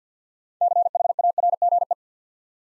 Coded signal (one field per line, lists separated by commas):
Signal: Morse code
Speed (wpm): 50 wpm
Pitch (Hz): 700 Hz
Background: none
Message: CHARGE